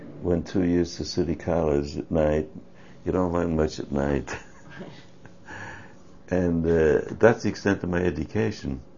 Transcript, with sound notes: went two years to City College at night - you don't learn much at night. (Laughs) And that's the extent of my education.